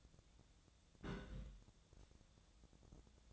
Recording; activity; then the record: daily activity, microphone in the room; place on stove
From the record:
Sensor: 3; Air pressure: 1000.0 hPa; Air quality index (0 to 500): 126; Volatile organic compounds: 2 ppm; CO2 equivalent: 1129 ppm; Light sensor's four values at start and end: 44/112/48/53 and 45/112/48/54